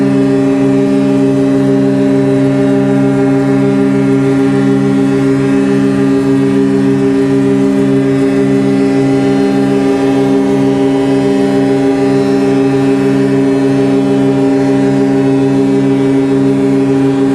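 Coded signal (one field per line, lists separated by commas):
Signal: ship horn signal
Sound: one continuous deep horn blast with rich harmonics, unbroken for the whole clip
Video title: Sygnał mgłowy – sygnał dźwiękowy emitowany przez statek/ Fog signal SOUND EFFECTS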